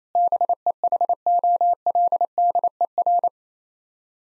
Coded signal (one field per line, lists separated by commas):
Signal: Morse code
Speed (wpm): 28 wpm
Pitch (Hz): 700 Hz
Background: none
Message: BEHOLDER